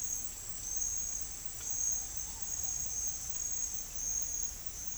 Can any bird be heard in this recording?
no